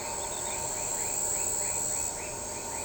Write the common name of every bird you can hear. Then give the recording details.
none. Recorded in shrubland near Pivijay, Magdalena, Colombia, on 16 April 2023 at 01:30. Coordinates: 10.453, -74.365. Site P5-G022